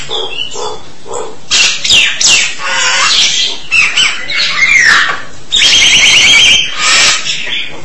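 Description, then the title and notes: Starling song opening with three soft repeated notes, then loud harsh squawks, warbled whistles and a long buzzy rattling trill near the end. "suara burung jalak"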